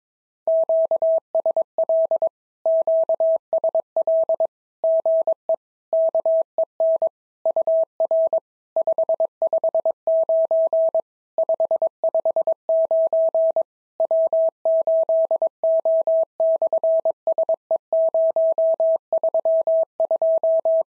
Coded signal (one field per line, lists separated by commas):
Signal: Morse code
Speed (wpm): 22 wpm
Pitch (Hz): 650 Hz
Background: none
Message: QSL QSL GE KEN UR 559 559 W8O/SE032